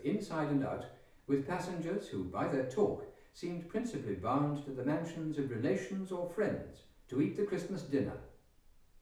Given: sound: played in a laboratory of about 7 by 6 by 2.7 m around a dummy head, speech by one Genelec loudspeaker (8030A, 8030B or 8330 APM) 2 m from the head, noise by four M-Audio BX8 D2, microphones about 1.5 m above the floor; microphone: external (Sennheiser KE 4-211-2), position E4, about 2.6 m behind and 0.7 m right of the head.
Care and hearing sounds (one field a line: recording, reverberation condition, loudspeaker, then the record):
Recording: male speech in English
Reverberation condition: medium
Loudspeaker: in front (0 degrees)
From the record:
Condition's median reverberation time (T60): about 510 ms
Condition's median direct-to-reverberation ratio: about -0.5 dB